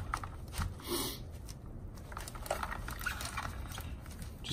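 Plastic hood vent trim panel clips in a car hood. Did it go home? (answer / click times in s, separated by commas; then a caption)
released / 0.1 s, 2.2 s. A trim tool pries the factory plastic hood vent trim panel up from the hood of a 2018-2019 Mustang GT, and its retaining clips pop free of the hood at 0.1 s and 2.2 s as sharp plastic pops. Softer crackles and scrapes of the panel lifting fill the rest of the clip, leaving the clips released.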